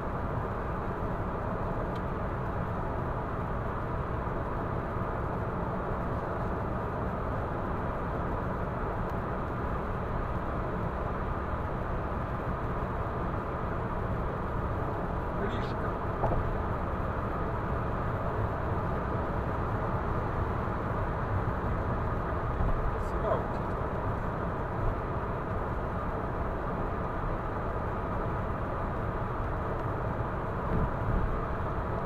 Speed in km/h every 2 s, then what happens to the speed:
121, 120, 119, 119, 119, 119, 118, 118, 118, 118, 118, 118, 118, 118, 119, 119.
0-32 steady at about 118.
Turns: none.